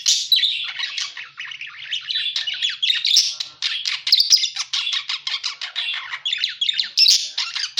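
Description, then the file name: Parakeet calls: rapid, rasping chirps and squawks packed closely together, running without pause throughout. Lure sound used for catching birds. "pancingan suara burung parkit"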